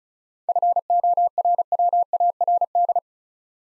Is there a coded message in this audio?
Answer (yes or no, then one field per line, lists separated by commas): yes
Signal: Morse code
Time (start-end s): 0.5-3.0 s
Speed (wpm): 36 wpm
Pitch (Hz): 700 Hz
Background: none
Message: FORWARD